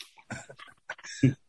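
A few short, rough throaty bursts end in one louder low cough: an adult man coughing indoors.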